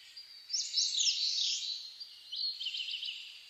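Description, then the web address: Birds singing in a dawn chorus: high, sweeping whistled phrases with quick twittering notes, two bursts of song separated by a short pause. Dawn chorus twittering (saezuri), recorded 10 May 2010. "reimei -saezuri-20100510-0401"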